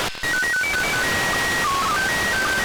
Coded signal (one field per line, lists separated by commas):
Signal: SSTV (slow-scan television)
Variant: PD 120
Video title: Радіоаматорське телебачення SSTV із МКС, як його записати